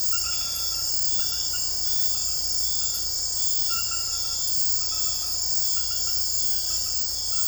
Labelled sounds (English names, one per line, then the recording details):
none
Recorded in dense forest near Puerto Asís, Putumayo, Colombia, on 21 February 2024 at 03:00
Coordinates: 0.487, -76.319
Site G6403